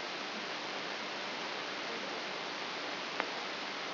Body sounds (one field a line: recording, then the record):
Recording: brain microelectrode recording played as sound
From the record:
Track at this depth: inside the subthalamic nucleus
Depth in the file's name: 3.102 mm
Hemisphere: left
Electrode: 3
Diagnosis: Parkinson's disease